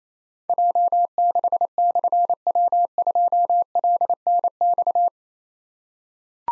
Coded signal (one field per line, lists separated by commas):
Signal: Morse code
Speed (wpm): 28 wpm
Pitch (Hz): 700 Hz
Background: none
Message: J6/W2LNX